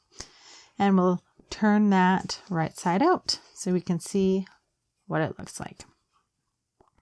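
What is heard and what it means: A plastic backing washer, cup side down, is pushed onto a plastic safety eye post set through crocheted fabric for an amigurumi octopus, pressed on until it won't click any further. A short click at 0.2 s marks the washer seating on the post, and someone talks throughout, with faint small ticks near the end.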